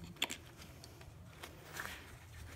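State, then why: Not seated. The strap of a Tula Toddler preformed baby carrier is handled near its small safety elastic, with the plastic waist-belt buckle tongue brought toward its buckle housing. Two brief ticks sound near the start, followed by soft rustling and handling noises over a quiet background. Nothing has seated or clicked yet.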